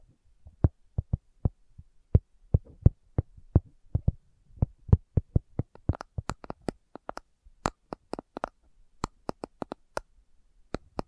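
Slow tapping, a series of short, sharp knocks with silence between them, at first about two per second. After the midpoint the taps grow brighter and crisper and come in slightly irregular clusters. A faint low hum sits underneath early on.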